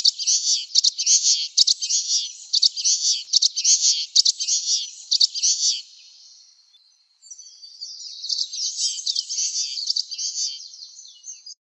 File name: suara common waxbill